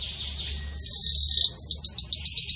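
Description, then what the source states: Belgian canary singing a sustained buzzy high note, then a quick run of repeated sharp upslurred notes; steady low hum underneath. Pure "campainha" song style with pauses, intended for training.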